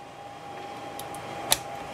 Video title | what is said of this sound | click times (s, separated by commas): New Gaming Computer Won't Boot? Simple Things to Look For | click click two clicks | 1.0 s, 1.5 s